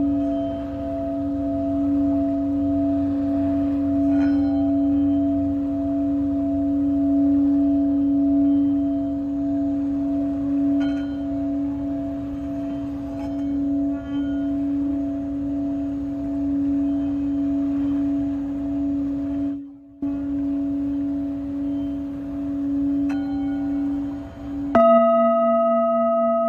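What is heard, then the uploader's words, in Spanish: A Tibetan singing bowl rings with a steady, sustained low hum and overtones, briefly cutting out near 20 seconds, then shifting pitch at 25. Cuenco tibetano desde Caribe Mexicano.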